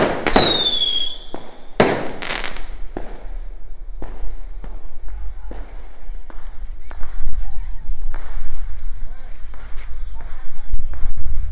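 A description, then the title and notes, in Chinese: Fireworks crack and bang on a Lunar New Year's Eve family gathering, with a whistling rocket rising at the start and sharp bursts roughly every second. Voices chatter underneath throughout, and a steady low rumble fills the background. 收音設備：手機Iphone11、SAIREN VM-Q1。除夕夜圍爐 炒年糕 臘肉 部落煙火 家人聚聊。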